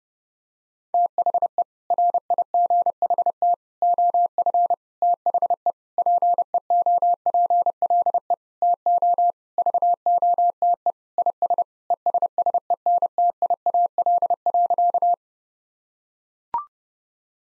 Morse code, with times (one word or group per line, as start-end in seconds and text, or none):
0.9-1.6 THE
1.9-3.5 RIGHT
3.8-4.7 OF
5.0-5.7 THE
6.0-8.3 PEOPLE
8.6-9.3 TO
9.6-10.9 VOTE
11.2-11.6 IS
11.9-15.1 ESSENTIAL.